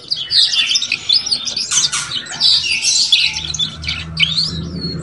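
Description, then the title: Belgian canary giving harsh, squawky chirps and quick rising whistled sweeps in a busy high-pitched string, with a low hum entering midway. Song to warm up young Belgian canaries and stimulate them to start singing and chirping quickly. "Canto Para Esquentar Canário Belga. SUARA KENARI PAUD CUIT CUIT BELAJAR BUNYI - pancingan kenari paud muda agar cepat bunyi dan ngeriwik"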